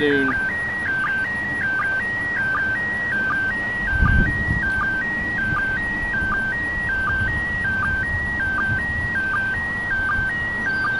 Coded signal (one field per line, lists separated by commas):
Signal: SSTV (slow-scan television)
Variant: PD 180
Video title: Failed ISS Slow Scan TV!